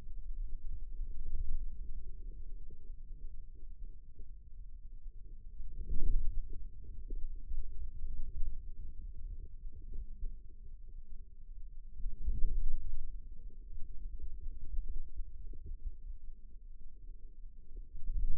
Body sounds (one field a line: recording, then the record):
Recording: forearm muscle sounds (acoustic myography)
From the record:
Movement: outward rotation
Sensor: system 2, bracelet of six BSWA MPA416 microphones around the upper forearm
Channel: 3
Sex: male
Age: 22 years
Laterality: right